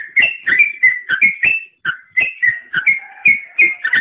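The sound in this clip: Bird song, a fast series of short whistled notes, several per second, with a brief gap near the middle.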